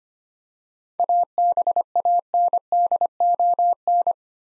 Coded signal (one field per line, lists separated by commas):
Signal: Morse code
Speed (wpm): 25 wpm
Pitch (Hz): 700 Hz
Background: none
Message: ABANDON